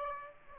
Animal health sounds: mosquito wingbeat signal from an infrared sensor; Aedes aegypti

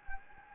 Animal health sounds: mosquito wingbeat signal from an infrared sensor; Anopheles gambiae

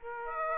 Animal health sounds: mosquito wingbeat signal from an infrared sensor; Aedes aegypti

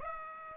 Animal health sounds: mosquito wingbeat signal from an infrared sensor; Aedes aegypti

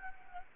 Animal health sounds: mosquito wingbeat signal from an infrared sensor; Anopheles gambiae

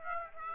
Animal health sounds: mosquito wingbeat signal from an infrared sensor; Aedes aegypti

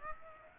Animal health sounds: mosquito wingbeat signal from an infrared sensor; Aedes aegypti

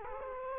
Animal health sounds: mosquito wingbeat signal from an infrared sensor; Culex quinquefasciatus

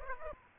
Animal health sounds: mosquito wingbeat signal from an infrared sensor; Aedes aegypti

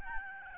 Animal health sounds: mosquito wingbeat signal from an infrared sensor; Aedes albopictus

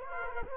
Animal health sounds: mosquito wingbeat signal from an infrared sensor; Culex quinquefasciatus

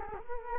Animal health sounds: mosquito wingbeat signal from an infrared sensor; Culex quinquefasciatus

